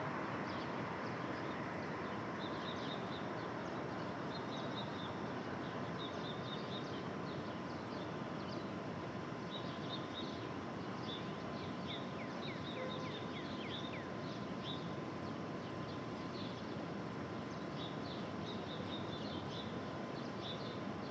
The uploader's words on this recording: Brooklyn Dawn. Street Traffic.